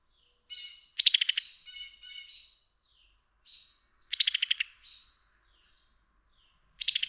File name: Summer Tanager